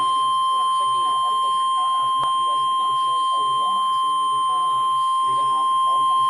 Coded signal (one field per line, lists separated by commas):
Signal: Emergency Alert System (SAME) tones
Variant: 1050 Hz attention tone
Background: speech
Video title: EAS #384 (Severe Thunderstorm Warning)